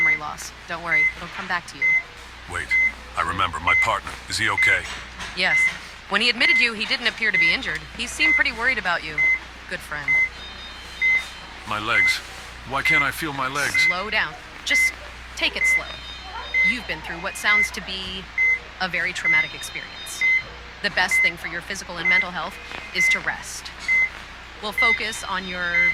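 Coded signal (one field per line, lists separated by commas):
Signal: none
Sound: a heart monitor's beeps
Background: speech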